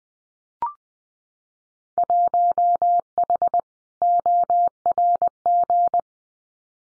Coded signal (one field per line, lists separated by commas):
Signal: Morse code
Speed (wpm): 20 wpm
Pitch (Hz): 700 Hz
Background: none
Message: 1H ORG